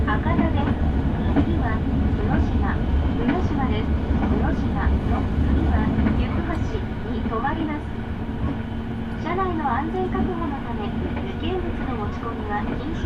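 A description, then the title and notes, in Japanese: A train ride: a steady low rumble of wheels and carriage runs throughout, heavier in the first six seconds. Voices talk over it, with bursts of speech scattered across the clip, and a faint steady hum appears after about eight seconds. 耳で楽しむ鉄道旅 日豊本線特急ソニック6号 柳ヶ浦→小倉。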